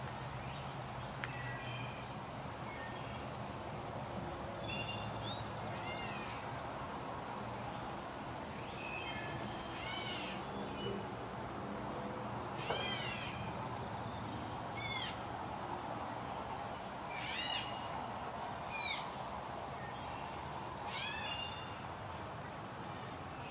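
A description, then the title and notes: Fledgling blue jays give shrill, rising and falling begging calls, some almost mewing, that come in short bursts every few seconds throughout. Softer chirps fill the gaps, and a steady low rumble runs underneath the whole time. Fledgling Blue Jays.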